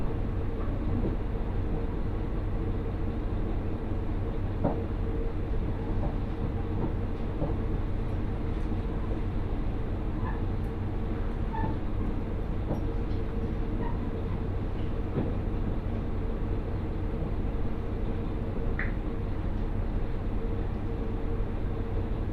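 A steady, dense rumble fills the inside of a moving train, heavy and low, with a constant hum and drone that never lets up. Faint clicks and knocks from the wheels and car surface now and then, and a brief brighter squeal near nineteen seconds.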